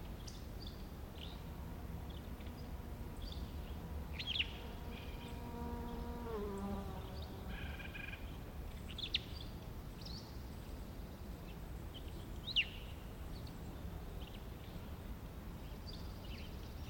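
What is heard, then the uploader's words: An outdoor recording in the Colockum Wildlife Area, with a steady low rumble of wind or traffic throughout. An engine drones for the first seven seconds, its pitch sliding down near six seconds. Scattered short bird chirps sound over it, the sharpest near 4, 9 and 12 seconds. The Colockum Wildlife Area in Washington. The whole area was quiet, mostly absent of humanity, including campers or hikers.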